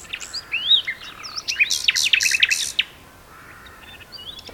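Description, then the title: Common nightingale song: sweeping whistled notes leading into a dense, loud cluster of rapid chirps, then quieter faint notes near the end. Two nightingales singing in a duet on Westleton Heath. "sanderson. nightingale duet on westleton heath"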